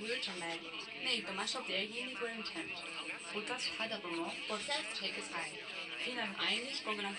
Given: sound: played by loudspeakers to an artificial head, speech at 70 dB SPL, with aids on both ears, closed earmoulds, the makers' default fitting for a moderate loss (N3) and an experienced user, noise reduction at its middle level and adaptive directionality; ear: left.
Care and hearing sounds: speech test signal (ISTS) in cocktail-party noise; +6 dB; on the right (90 degrees)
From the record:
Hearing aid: class 2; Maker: C

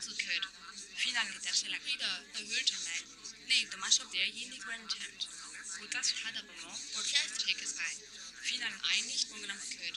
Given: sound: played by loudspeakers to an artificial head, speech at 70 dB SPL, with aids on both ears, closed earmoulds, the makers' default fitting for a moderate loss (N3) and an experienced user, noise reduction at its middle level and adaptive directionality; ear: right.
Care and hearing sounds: speech test signal (ISTS) in cocktail-party noise; -3 dB; on the right (90 degrees)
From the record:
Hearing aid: class 1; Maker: J

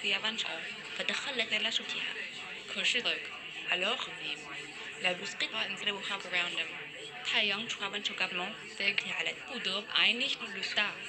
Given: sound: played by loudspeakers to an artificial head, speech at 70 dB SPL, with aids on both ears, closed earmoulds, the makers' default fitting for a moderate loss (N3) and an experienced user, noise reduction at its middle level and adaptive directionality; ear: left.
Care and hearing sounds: speech test signal (ISTS) in cocktail-party noise; -6 dB; in front (0 degrees)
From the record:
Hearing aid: class 1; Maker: I

